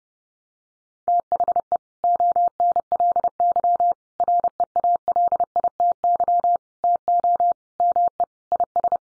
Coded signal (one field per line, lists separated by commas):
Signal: Morse code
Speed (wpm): 30 wpm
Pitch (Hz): 700 Hz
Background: none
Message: THE ONLY REALITY TO ME IS